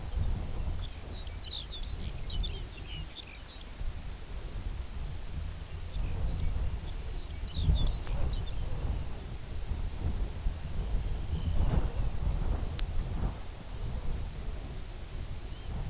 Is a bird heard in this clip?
yes